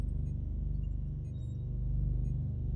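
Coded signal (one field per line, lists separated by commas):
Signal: none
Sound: game alert beeps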